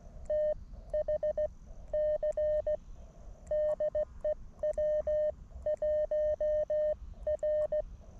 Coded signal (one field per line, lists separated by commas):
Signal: Morse code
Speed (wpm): 14 wpm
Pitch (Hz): 610 Hz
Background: none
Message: TH C DE W1R